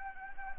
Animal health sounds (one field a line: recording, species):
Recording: mosquito wingbeat signal from an infrared sensor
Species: Anopheles gambiae